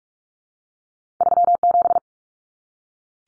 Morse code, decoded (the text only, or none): 37